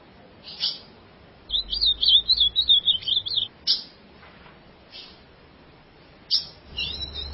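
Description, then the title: Ultramarine grosbeak song: a rapid, jumpy warble of high notes lasting about two seconds, with short high notes before and after. "Azulao"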